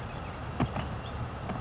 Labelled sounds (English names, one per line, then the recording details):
Western Flycatcher
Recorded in Sonoma County, California